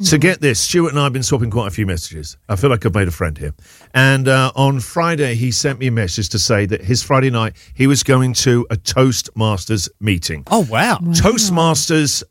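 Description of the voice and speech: An adult male radio host speaks in a smooth, conversational flow at a mid-low pitch, with brief natural pauses and a short interjection near the end. Voice quality is clear and rhythm steady, with no repetitions or blocks: typical fluent adult speech.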